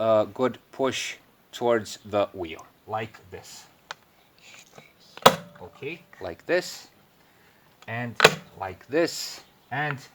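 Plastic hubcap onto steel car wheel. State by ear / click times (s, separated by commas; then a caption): seated / 5.3 s. A plastic hubcap is pushed firmly toward a steel car wheel while someone talks. A sharp snap at 5.3 s marks a section of the hubcap's retaining ring clipping onto the rim, seating the hubcap.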